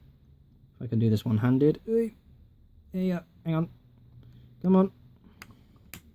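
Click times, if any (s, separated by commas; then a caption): 5.4 s, 5.9 s. Someone talks while refitting the plastic brick facepiece onto the front of a custom Lego 2-6-4 streamlined tender engine, working one-handed after some struggle. Sharp snapping clicks come at 5.4 and 5.9 seconds as the facepiece clicks into place and stays seated.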